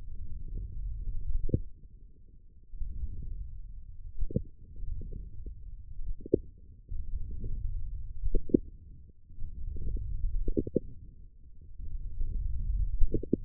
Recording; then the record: forearm muscle sounds (acoustic myography)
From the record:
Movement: wrist flexion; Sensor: system 1, eight BSWA MPA416 microphones around the upper forearm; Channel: 7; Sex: male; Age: 18 years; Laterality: right